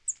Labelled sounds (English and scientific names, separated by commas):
Northern Parula (Setophaga americana) flight call